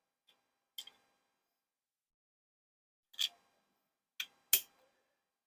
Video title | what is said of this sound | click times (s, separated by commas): Lawn Mower Repair | And that snaps back in. | 4.5 s